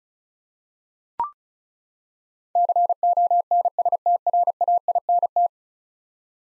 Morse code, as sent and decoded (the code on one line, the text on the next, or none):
-.-. --- -. ... - .-. .- .. -. -
CONSTRAINT